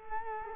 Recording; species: mosquito wingbeat signal from an infrared sensor; Culex quinquefasciatus